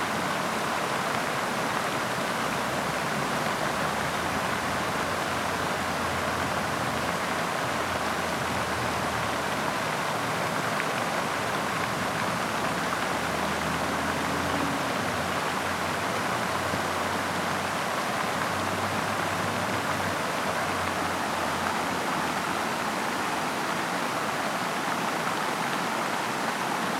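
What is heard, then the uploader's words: A fountain splashes in a steady, dense rush of falling water that holds an even level for the whole stretch. A low rumble, likely city traffic, sits underneath, with a brief low tonal hum around the middle. Muza Fountain | Audio of a City. You are sitting near the fountain on a summer day.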